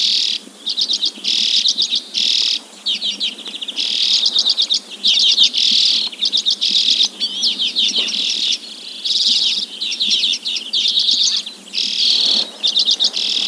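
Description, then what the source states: Arctic redpoll calls: rapid dry chattering trills and buzzy rattles, given in quick bursts separated by short pauses throughout. Greenland.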